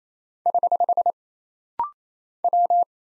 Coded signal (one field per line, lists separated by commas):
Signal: Morse code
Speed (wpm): 27 wpm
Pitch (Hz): 700 Hz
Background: none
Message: <HH> W